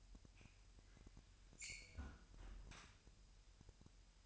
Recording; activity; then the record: daily activity, microphone in the room; close fridge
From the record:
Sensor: 2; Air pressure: 1001.8 hPa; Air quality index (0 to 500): 248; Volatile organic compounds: 39 ppm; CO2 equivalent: 3134 ppm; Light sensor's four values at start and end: 8/28/11/10 and 8/28/11/10